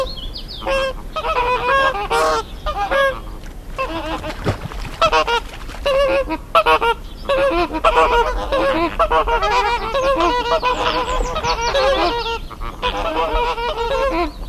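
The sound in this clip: Greater flamingos calling together, a dense, continuous chorus of overlapping nasal honks and grunting notes from many birds, with no pauses.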